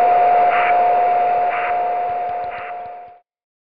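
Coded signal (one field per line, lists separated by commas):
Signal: radio time signal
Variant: DCF77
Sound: steady whistle tone with a short hissy pulse each second, three pulses, then silence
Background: radio static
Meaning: Once-per-second carrier reductions encode the current time and date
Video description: ] Dort dekodiert das Programm SoDiRa schließlich das Signal zur Darstellung der Uhrzeit und des Datums.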